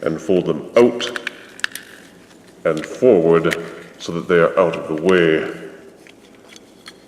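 A man talks while handling the plastic tank bottom parts of a transforming combiner toy, Brawl forming Bruticus's leg, folding them out and forward out of the way before they are pushed back into the back of the leg. Short plastic handling ticks are heard around 1.6 s and between 6.1 and 6.9 s, but nothing has seated or clicked into place yet.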